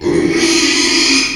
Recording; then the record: squeal of a Yucatan mini pig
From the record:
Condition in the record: after surgery on the right vocal fold (resection and tissue-engineered implant); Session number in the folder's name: 2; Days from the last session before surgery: 13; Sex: male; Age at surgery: 12 weeks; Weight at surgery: 13 kg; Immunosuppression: cyclosporine, prednisolone